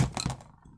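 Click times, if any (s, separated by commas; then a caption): 0.2 s. A metal retaining ring is pushed through an extension onto the shaft of a gas trimmer's lower gearbox. A sharp metallic snap at 0.2 s seats it in its groove, followed by a few faint ticks as the sound fades. The ring is seated, with a suggested check using a screwdriver.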